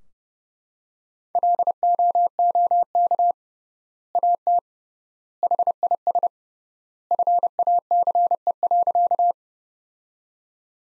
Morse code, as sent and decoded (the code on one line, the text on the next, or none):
.-.. --- --- -.- / .- - / .... .. ... / ..-. .- -.-. . .-.-.-
LOOK AT HIS FACE.